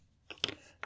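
The snap cap of a fountain pen is pulled off the pen body, giving several small, sharp clicks. The main clicks come at 0.4 s and 0.8 s, and the cap comes free.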